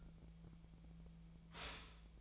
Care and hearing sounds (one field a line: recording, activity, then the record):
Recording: daily activity, microphone in the room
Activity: stop toaster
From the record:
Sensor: 1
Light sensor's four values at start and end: 27/70/29/34 and 27/70/29/34